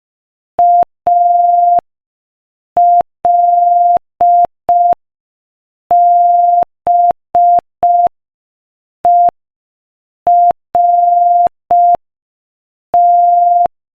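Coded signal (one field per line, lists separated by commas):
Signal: Morse code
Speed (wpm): 5 wpm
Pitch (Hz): 700 Hz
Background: none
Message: ALBERT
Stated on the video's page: Morse code listening practice at 5 wpm.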